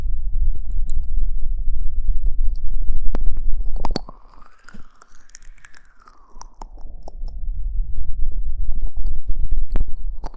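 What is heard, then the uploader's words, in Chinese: Aloe vera gel being handled: a low, rumbling rub fills most of the clip, broken by sharp wet clicks and smacks scattered throughout. Between about four and six and a half seconds it quiets to a soft squelch that rises and falls in pitch, then the rubbing returns. 芦荟胶。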